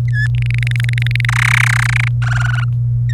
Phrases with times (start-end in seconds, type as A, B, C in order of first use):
0.08-0.27 A, 0.34-1.25 B, 1.29-2.08 C, 2.22-2.64 D